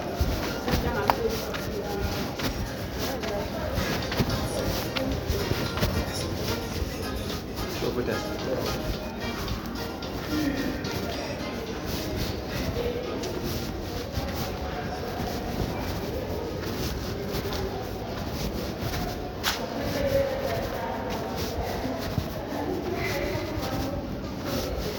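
Outdoor market stalls with a steady, dense murmur of voices and a low rumble like a passing train, continuing evenly throughout.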